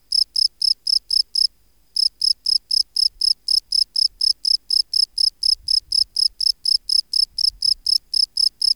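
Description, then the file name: Field cricket chirps, bright and evenly spaced, pausing briefly after the first few then resuming steadily; slight low background rumble. "Bio Acoustica. Gryllus campestris"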